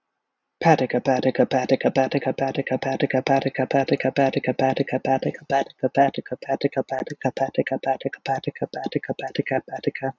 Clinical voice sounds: repeated syllables /pa ta ka/; male; 30 to 39 years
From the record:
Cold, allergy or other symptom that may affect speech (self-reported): no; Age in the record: 32 years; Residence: Alabama, United States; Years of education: 17

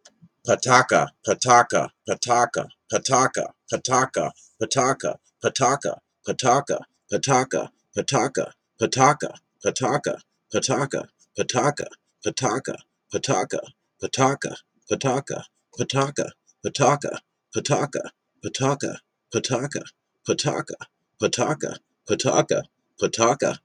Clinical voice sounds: repeated syllables /pa ta ka/; male; 40 to 49 years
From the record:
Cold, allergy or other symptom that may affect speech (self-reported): no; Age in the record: 43 years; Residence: Massachusetts, United States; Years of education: 14

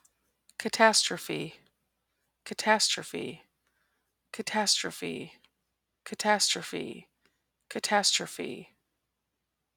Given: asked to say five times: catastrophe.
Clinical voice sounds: repeated word; female; 30 to 39 years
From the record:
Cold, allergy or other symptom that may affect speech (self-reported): no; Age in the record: 36 years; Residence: Wisconsin, United States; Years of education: 18

